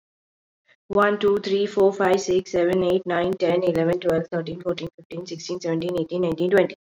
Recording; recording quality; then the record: counting at a fast pace; excellent, no background noise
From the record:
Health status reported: COVID-19 positive, mild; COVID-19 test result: positive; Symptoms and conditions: cough, fever, fatigue, muscle pain, loss of smell and taste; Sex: female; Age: 27 years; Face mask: not worn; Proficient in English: yes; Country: India